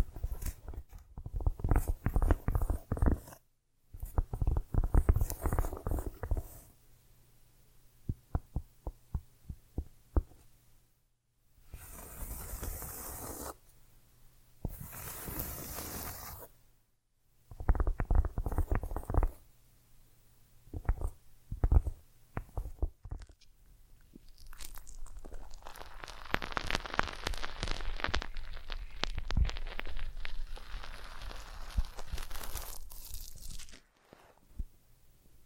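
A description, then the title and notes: Small cork and tiny bottle sounds come in quick clicky bursts with short pauses, then a long, dense brushing texture over vinyl fills the end. ASMR Tiny Mics - Mighty Tingles Mic Testing（No Talking）. Cork, tiny bottles, vinyl, brushing.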